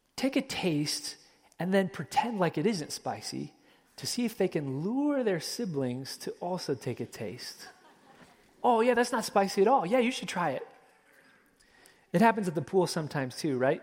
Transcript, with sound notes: take a taste and then pretend like it isn’t spicy to see if they can lure their siblings to also take a taste. (Laughter!) “Oh, that’s not spicy at all. You should try it.” It happens at the pool sometimes, too.